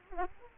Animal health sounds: mosquito wingbeat signal from an infrared sensor; Aedes aegypti

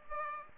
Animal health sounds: mosquito wingbeat signal from an infrared sensor; Aedes aegypti

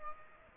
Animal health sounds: mosquito wingbeat signal from an infrared sensor; Aedes aegypti

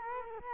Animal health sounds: mosquito wingbeat signal from an infrared sensor; Culex quinquefasciatus

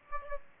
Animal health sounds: mosquito wingbeat signal from an infrared sensor; Aedes aegypti

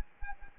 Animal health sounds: mosquito wingbeat signal from an infrared sensor; Anopheles arabiensis

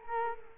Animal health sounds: mosquito wingbeat signal from an infrared sensor; Culex quinquefasciatus

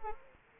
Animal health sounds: mosquito wingbeat signal from an infrared sensor; Anopheles arabiensis

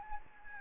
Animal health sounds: mosquito wingbeat signal from an infrared sensor; Anopheles gambiae

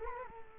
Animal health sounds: mosquito wingbeat signal from an infrared sensor; Culex quinquefasciatus

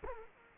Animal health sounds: mosquito wingbeat signal from an infrared sensor; Culex quinquefasciatus

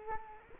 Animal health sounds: mosquito wingbeat signal from an infrared sensor; Culex quinquefasciatus

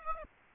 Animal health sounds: mosquito wingbeat signal from an infrared sensor; Aedes aegypti

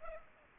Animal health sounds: mosquito wingbeat signal from an infrared sensor; Aedes aegypti

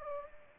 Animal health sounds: mosquito wingbeat signal from an infrared sensor; Culex pipiens

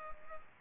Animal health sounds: mosquito wingbeat signal from an infrared sensor; Culex pipiens

